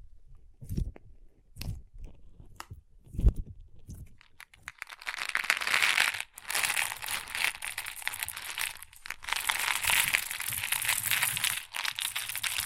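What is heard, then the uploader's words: Crunchy slime being handled, starting with a few separate soft thumps and squishes spaced about a second apart. From around four and a half seconds it turns into dense, continuous crackling and crinkling, bright and busy, with brief pauses near six and nine seconds. ASMR Satisfying Crunchy Slime (No Talking).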